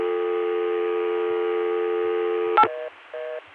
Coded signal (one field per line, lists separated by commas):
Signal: telephone call progress tone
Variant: North America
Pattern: dial tone